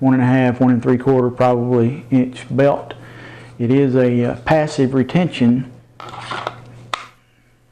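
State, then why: Seated. A handgun is pushed into a Kydex-type belt holster with passive retention while someone talks, and a scraping rub starts around 6.0 s. A sharp click at 6.9 s marks the gun seating into the holster's retention.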